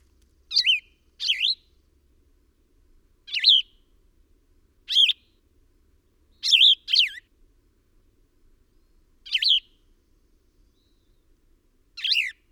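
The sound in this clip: Bird song: brief squeaky chirped phrases sweeping down and up, about eight bursts at uneven intervals, some in quick pairs; otherwise quiet background.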